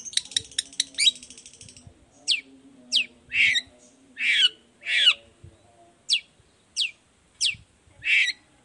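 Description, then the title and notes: Long-tailed shrike song opening with a fast rattling chatter, then rasping downslurred notes repeated about every half second to second, over a faint low hum. Sung in the morning; 'toet toet' sound variation; used as a lure so other shrikes of any type reply quickly and open their beaks. "Cendet Gacor Dor Di Kala Pagi Toet Toet Variasi Suara. Cendet Gacor Efektif Pancingan Buat Cendet Jenis Apapun Agar Cepat Nyaut Buka Paruh. Burung cendet"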